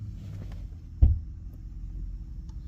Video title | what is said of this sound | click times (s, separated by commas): 3 Ways to Open the Trunk of a Bentley Continental GTC with a Completely Dead Battery JOATD | pull down on it and you're going to hear a popping noise listen | 1.0 s